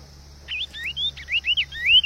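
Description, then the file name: Cinnamon Tanager song: a short string of sweet slurred whistles, several rising, the last one the loudest, over a low steady hum. "Canto do bico de veludo"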